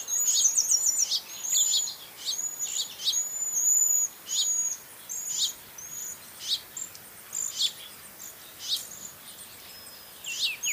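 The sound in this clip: Cedar waxwing calls: very high, thin, hissing whistles, mostly flat, with short chirps mixed in throughout.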